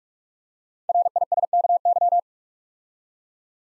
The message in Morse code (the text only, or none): RISKY